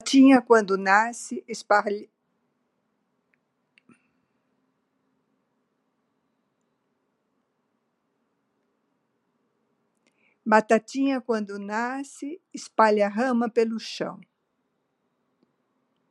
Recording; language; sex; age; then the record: short text; Brazilian Portuguese; female; 70 to 79 years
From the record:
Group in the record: control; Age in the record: 73 years